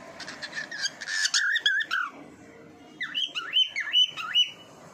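Bird calls: warbled, wavering notes in the first half, then a series of clear, rising and falling whistled notes repeated several times.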